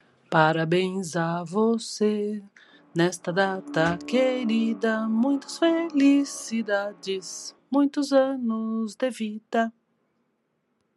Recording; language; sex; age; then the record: short text; Brazilian Portuguese; female; 50 to 59 years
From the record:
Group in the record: control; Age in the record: 58 years